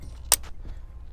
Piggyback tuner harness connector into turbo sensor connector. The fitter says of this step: hear it click in and then